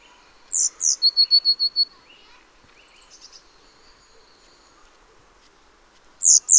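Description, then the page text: Eurasian blue tit song: two high, thin notes, then a rapid ringing trill, with a second phrase starting at the end and faint background calls in between. Nominate subspecies Cyanistes caeruleus caeruleus. "Jarek Matusiak - Обыкновенная лазоревка (Cyanistes caeruleus caeruleus)"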